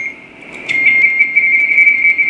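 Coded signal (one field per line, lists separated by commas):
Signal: RTTY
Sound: a steady high tone rapidly flicking between two close pitches, starting after a short pause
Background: radio static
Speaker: pull in his call sign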